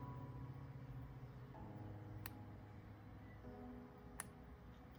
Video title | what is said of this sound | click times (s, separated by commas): 【初階金工】最簡單的爪鑲教學! 快試試看保證簡單! - 老歪金工創作室 YSJ Maker | Did you hear two clicks? | 2.3 s, 4.2 s